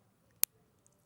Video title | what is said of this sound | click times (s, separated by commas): JewelleryMaker LIVE dd/mm/yy | yeah you know you're wearing it it's such a lovely click | 0.4 s